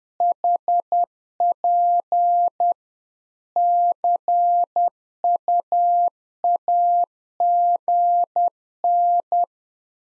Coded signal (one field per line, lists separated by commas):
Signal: Morse code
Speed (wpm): 10 wpm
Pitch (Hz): 700 Hz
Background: none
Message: HP CUAGN